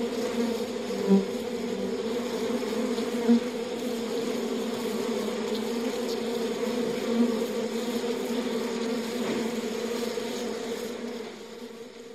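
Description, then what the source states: Honey bees producing a continuous low buzzing hum, with occasional brief louder moments, the drone fading slightly at the close. Recorded at a bee hive.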